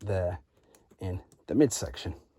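Someone talks while the plastic midsection parts of a transforming robot toy are handled after the chest is separated. No click is heard, and nothing has seated or clicked into place yet.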